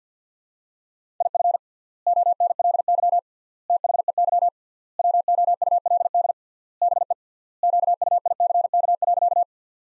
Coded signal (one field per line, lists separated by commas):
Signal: Morse code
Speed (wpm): 50 wpm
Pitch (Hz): 700 Hz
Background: none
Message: IF ONLY THEY WOULD BE QUICK.